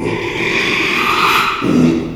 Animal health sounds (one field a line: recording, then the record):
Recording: squeal of a Yucatan mini pig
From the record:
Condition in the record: after surgery on the right vocal fold (resection and tissue-engineered implant)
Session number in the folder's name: 1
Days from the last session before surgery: 6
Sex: male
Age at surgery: 12 weeks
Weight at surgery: 13 kg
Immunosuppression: cyclosporine, prednisolone